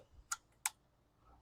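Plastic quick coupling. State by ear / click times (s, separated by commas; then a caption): seated / 0.3 s, 0.7 s. A spray attachment is pushed onto a quick release coupling on a cleaning tool, giving two sharp snapping clicks at 0.3 s and 0.7 s against a quiet background. The attachment snaps into place and is seated.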